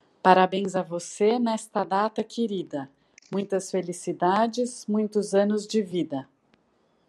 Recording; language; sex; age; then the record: short text; Brazilian Portuguese; female; 40 to 49 years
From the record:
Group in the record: control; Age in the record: 49 years